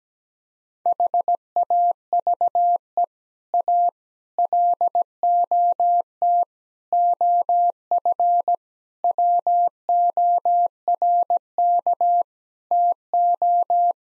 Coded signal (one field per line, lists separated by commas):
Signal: Morse code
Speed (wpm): 17 wpm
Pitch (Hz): 700 Hz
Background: none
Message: HAVE A LOT OF WORK TO